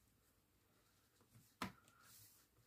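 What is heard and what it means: Wooden pegs of a marble-run puzzle assembly are pushed into enlarged holes in its base, giving one sharp click at 1.6 s above quiet background noise. Only partly successful: one peg clicks into place, but not all of the pegs have engaged.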